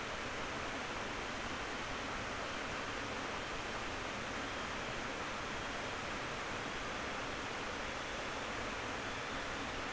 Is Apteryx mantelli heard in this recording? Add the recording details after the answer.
yes. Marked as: faintness 4/5. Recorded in New Zealand on 19 October 2013. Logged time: 01:58. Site CR37